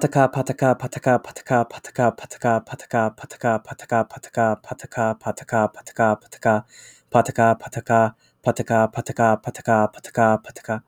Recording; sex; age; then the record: repeated syllables /pa ta ka/; male; 20 to 29 years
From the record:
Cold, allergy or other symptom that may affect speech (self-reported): no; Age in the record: 26 years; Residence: Pennsylvania, United States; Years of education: 16